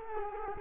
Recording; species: mosquito wingbeat signal from an infrared sensor; Culex quinquefasciatus